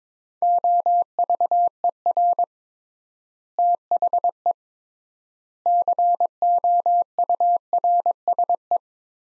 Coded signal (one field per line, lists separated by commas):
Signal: Morse code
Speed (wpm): 21 wpm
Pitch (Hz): 700 Hz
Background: none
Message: OVER THE COURSE